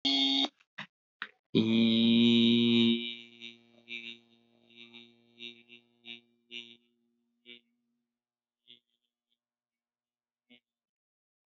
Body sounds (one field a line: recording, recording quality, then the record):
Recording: sustained vowel as in beet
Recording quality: excellent, no background noise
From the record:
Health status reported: healthy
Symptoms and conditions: none ticked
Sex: male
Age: 23 years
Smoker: not ticked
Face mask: not worn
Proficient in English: yes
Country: India